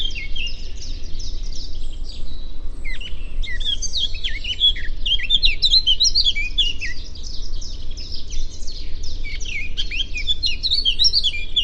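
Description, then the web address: Eurasian blackcap song, a continuous fast warble of scratchy and whistled notes that grows busier midway, over low steady background noise. "cianscape birddata Deverinetal 2025"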